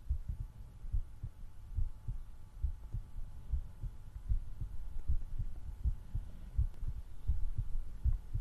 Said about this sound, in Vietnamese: Không có một âm thanh nào được phát ra, chỉ có tiếng nhịp tim của tôi đang đập liên hồi như là đánh trống trường mà thôi.